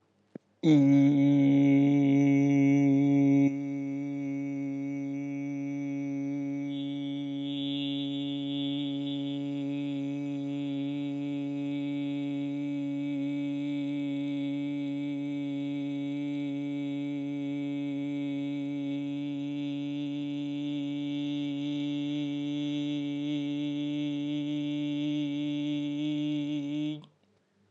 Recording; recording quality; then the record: sustained vowel as in beet; excellent, no background noise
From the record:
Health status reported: healthy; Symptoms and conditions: none ticked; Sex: male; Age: 27 years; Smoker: yes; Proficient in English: yes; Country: India